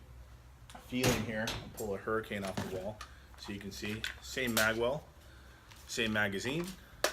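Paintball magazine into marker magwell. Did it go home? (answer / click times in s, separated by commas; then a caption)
no / none. A paintball magazine is being handled toward the magwell of a Hurricane marker taken off the wall. Someone talks throughout, and a few short handling knocks are heard near the start and at the very end. Nothing has seated or clicked yet.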